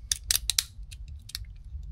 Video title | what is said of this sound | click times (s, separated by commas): Montage kit Tamiya mini 4wd EXFLOWLY | ok c'est clipsé | 0.3 s, 0.5 s